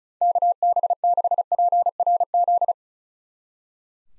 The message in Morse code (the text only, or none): KB6PRZ